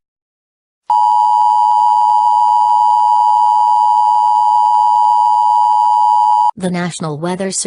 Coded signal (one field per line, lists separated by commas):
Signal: Emergency Alert System (SAME) tones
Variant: 853 and 960 Hz attention tone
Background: speech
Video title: Local 58 Weather Service EAS (Mere fan work)